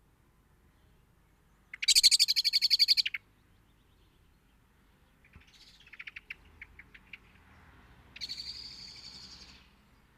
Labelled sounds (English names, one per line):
Common Blackbird call